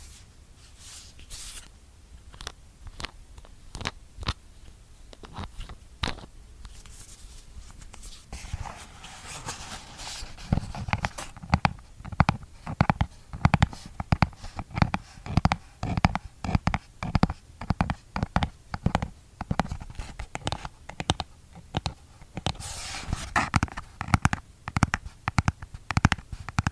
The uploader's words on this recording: Skincare product tapping. Blue yeti microphone.